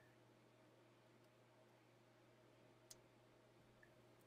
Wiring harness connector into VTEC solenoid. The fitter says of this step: clip in the electrical connectors you should hear a snap once they're fully seated